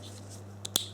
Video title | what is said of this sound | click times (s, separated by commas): How to Remove Wing Mirrors - Audi A4 S4 RS4 (B6 B7) - PART 2 (of 2) TOTAL TECHNIK | slide straight down clicks into place | 0.6 s, 0.8 s